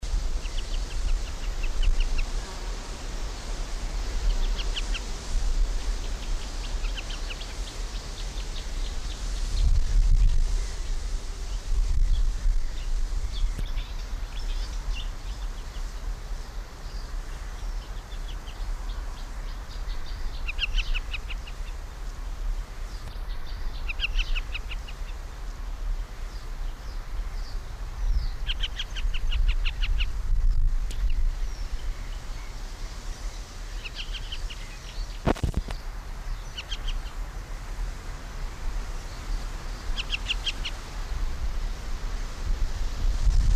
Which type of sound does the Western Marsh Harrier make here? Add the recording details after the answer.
call. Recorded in the wild. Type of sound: call sequence. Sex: male. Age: adult. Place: Schönerlinde, Naturpark Barnim, Brandenburg, DE. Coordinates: 52.6572, 13.4042. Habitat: fields and meadows. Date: 1991-06-09 11:46. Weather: overcast, 15 - 17°C. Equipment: Marantz, Sennheiser ME 80, Kopie Tesla B 116. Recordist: Tembrock, Günter. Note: Schönerlinder Teiche. Männchen. Rufreihen in Nestnähe